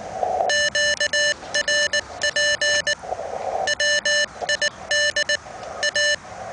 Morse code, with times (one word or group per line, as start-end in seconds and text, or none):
0.5-2.9 QRP
3.7-5.4 WID
5.8-6.1 A